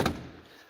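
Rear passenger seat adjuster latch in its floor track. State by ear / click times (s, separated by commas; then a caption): seated / 0.1 s. A rear passenger seat in a 2021 Chrysler Pacifica Limited S Hybrid minivan in Granite Crystal is slid along its floor track, and the seat adjuster latch engages in the track. A single short thunk lands at 0.1 s and fades quietly over the rest of the clip. The seat adjuster locks into place.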